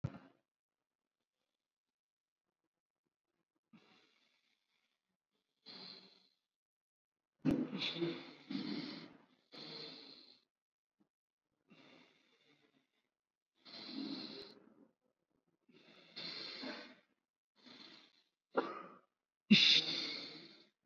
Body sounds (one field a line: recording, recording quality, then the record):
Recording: deep breathing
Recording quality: excellent, no background noise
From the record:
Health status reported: COVID-19 positive, moderate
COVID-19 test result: positive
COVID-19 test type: RT-PCR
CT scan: not taken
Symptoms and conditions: cough, cold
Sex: male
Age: 25 years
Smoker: no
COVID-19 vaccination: one dose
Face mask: worn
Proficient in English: yes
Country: India